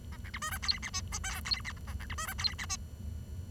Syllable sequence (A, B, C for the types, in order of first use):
A B C D E F G H I J F G A A B C D E F G H